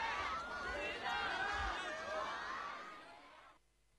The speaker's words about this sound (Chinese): 考察结束时，正是下课的时间，闻讯而来的师生们站满校园道路两旁，习近平沿路同师生们热情握手，向远处的师生们挥手致意，热烈的掌声和欢呼声经久不息。